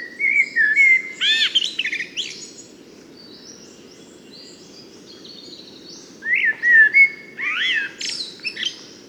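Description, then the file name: Eurasian blackbird singing two warbled phrases, flute-like notes tumbling into sharp high squeaks, a silent gap between them, low hum throughout. "Turdus merula"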